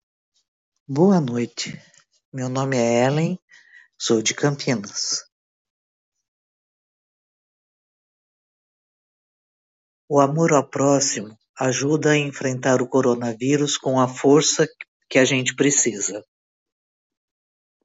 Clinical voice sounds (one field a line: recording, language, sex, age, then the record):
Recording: spoken sentence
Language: Brazilian Portuguese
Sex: female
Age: 50 to 59 years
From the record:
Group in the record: control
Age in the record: 55 years